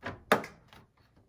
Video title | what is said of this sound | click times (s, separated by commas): Roborock S8 PRO ULTRA Robot Vacuum - In Depth Unboxing & Information - Review Soon! | Let's see if this just clicks right in, which I believe it does. | 0.3 s